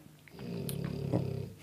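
A single low, rough, rumbling breath lasts about a second, rising and then fading, typical of one loud snore. A sleeping puppy snores very loudly here, an ordinary sound of deep sleep. Faint room noise sits underneath.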